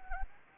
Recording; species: mosquito wingbeat signal from an infrared sensor; Anopheles gambiae